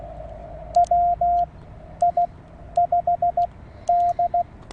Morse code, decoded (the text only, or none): WI5D